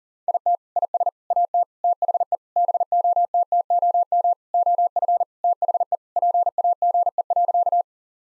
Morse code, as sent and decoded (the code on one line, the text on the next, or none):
.. - / .. ... / .- - / - .... . / -... --- - - --- -- / --- ..-. / - .... . / .--. .- --. . .-.-.-
IT IS AT THE BOTTOM OF THE PAGE.